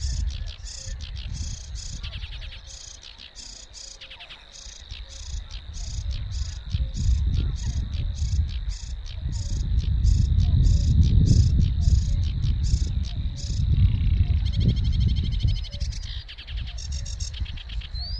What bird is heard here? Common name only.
Sedge Warbler